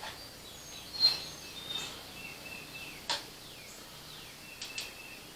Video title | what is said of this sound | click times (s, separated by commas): DIY ELECTRIC Scythe!! #diy #homesteading #farming #bauer #battery | One, two clicks. | 3.1 s, 4.6 s